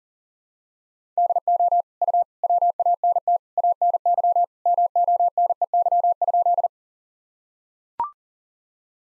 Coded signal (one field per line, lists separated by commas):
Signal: Morse code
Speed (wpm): 40 wpm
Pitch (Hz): 700 Hz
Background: none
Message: DO U WANT ANY MONEY?